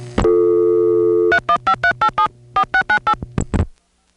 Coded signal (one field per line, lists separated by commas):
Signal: DTMF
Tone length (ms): 80 ms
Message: 31538 4698